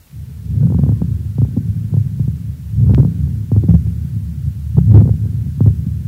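Brief sharp crackling pops over low breath sounds heard through a stethoscope on an adult chest: consonating fine moist crackles, a sign of fluid in small airways.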